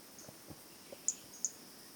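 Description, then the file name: Brachycephalus albolineatus giving two quick, sharp, very high chirps under half a second apart, with a few soft low taps and a steady high hum. Individual 19, unvouchered. "Brachycephalus albolineatus individual 19 unvouchered"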